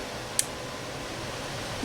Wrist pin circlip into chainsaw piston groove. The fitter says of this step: I heard it click and